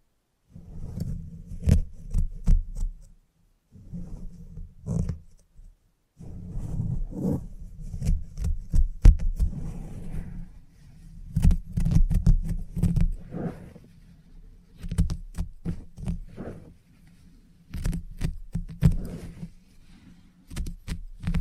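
Scissors snip in quick, irregular bursts during a salon haircut, each cut a sharp click. A low hum runs beneath the snipping and stops with it, so the sound halts in several short pauses, around 3, 6, 15 and 17 seconds.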